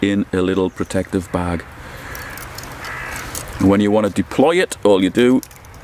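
Someone talks while handling the folding handle arm of a mini spinning fishing reel, with quieter rustling and faint handling noise in a pause mid-clip. The handle has not yet clicked or locked open into place.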